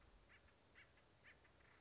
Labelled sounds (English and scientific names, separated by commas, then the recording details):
Acorn Woodpecker (Melanerpes formicivorus)
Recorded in Sonoma County, California